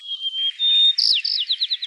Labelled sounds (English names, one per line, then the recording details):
White-crowned Sparrow song
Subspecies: nuttalli
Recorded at Inspiration Point, California, in 2014
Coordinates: 37.793, -122.458
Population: north
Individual INPT_S-RYO_14